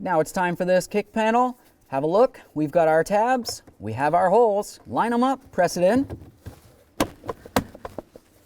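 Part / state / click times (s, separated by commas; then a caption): plastic kick panel clips into dashboard side trim holes / seated / 7.0 s, 7.6 s. Someone talks while lining up the tabs of a plastic kick panel with the holes in the dashboard side trim on a 2006–10 Ford Explorer, during a blend door actuator replacement. The panel is then pressed in, and two loud, sharp snaps at 7.0 s and 7.6 s are followed by a few quieter clicks. The kick panel clips are seated.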